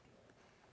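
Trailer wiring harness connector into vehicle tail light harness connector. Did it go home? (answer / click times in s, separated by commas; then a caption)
no / none. A Curt T-connector trailer wiring harness plug is lined up with the factory tail light harness connector on a 2023 Hyundai Santa Cruz and pushed together. There is a steady noisy background, with a small brief tick near 0.3 s. The clip ends before the connector goes home, so nothing has seated or clicked yet.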